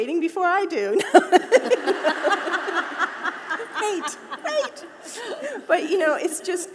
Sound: laughter

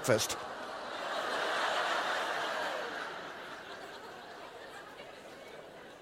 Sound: laughter

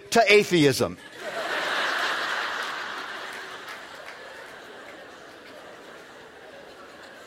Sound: laughter

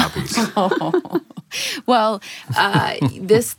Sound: laughter

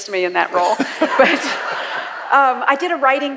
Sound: laughter

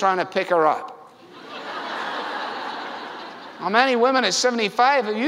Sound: laughter

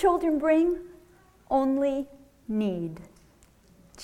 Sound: none

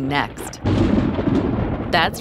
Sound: sound of thunder

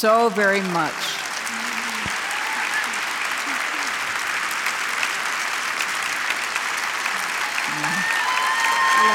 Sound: applause

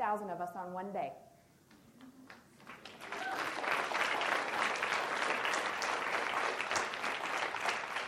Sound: applause

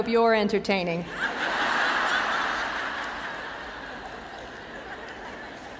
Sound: laughter

